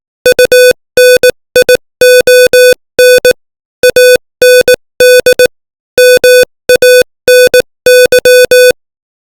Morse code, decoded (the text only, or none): UNION AND MANY